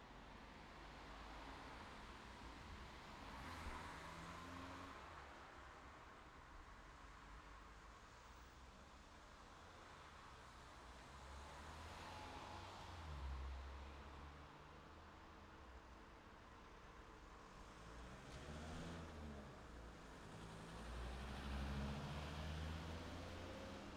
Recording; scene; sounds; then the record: everyday scene through a hearing-aid microphone; in traffic; traffic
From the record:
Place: city secondary road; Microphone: in the ear canal, left